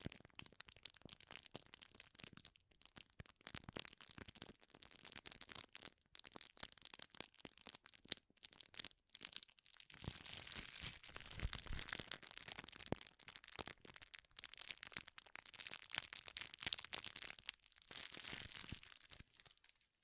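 Dense, crackling crinkles of something being crumpled run through the whole twenty seconds, a fast irregular stream of sharp snaps with brief gaps. The sound is bright and scratchy, swelling louder and fuller after about ten seconds, with occasional harder cracks and tearing bursts.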